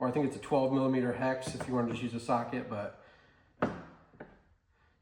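A quarter-turn fastener holding a Lincoln Aviator door panel, during a window regulator replacement, is turned until it locks into the car door panel. Someone talks for the first three seconds, then a sharp thunk at 3.6 s marks the fastener clicking into place at the end of its turn, followed by a softer tap at 4.2 s. The fastener is seated and locked.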